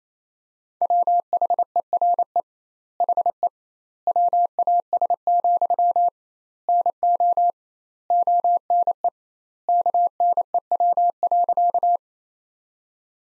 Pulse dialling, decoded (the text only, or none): none